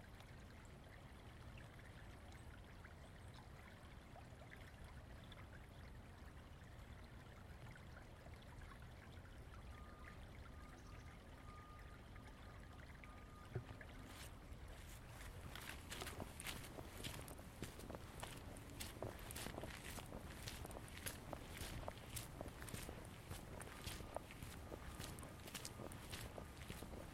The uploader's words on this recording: I took a walk in Ravenna Park, Seattle.